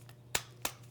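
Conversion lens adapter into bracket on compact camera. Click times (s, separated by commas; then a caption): 0.4 s, 0.7 s. A plastic conversion lens adapter is pushed onto the bracket mounted on a Fujifilm FinePix XP70 compact camera, producing two sharp snaps at about 0.4 and 0.7 seconds over a steady low hum, with a faint tick near 0.1 seconds. The adapter clicks into the bracket and is seated.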